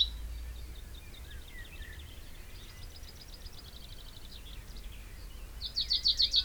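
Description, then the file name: Common chaffinch song: a faint run of quick notes, then a fresh song starts loudly with several rhythmic repeated notes. "Fringilla coelebs"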